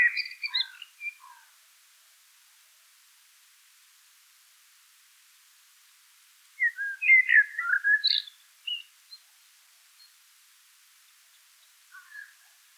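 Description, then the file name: Common blackbird song: scattered chirpy fragments, then one jumbled warbling phrase with a high squeak, and a few faint short notes near the end. "Turdus merula"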